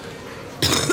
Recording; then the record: coughing mixed with background sound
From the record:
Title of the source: Wet coughing